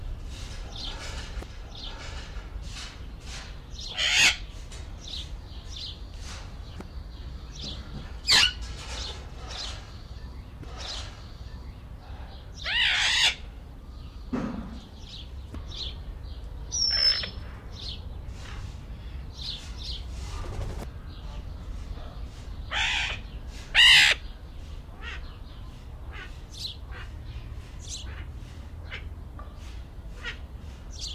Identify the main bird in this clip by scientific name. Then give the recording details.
Primolius auricollis. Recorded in captivity. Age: adult. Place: Zoo Berlin, Berlin, DE. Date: 1994-05-07 11:47. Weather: heiter, 12-18°C. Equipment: Marantz CP 430, Sennheiser ME 80, Kopie Uher Variocord 263. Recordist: Tembrock, Günter